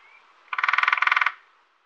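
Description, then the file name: Lesser spotted woodpecker: one quick, even rattling roll lasting under a second. "Mindre hackspett"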